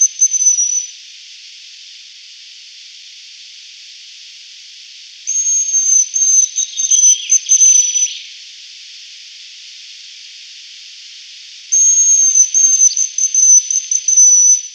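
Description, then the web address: Hazel Grouse display whistles, very high thin piercing notes given in three bouts separated by several seconds of quiet. Male, display. "Schulze Peter Hazel Grouse"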